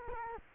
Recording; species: mosquito wingbeat signal from an infrared sensor; Culex quinquefasciatus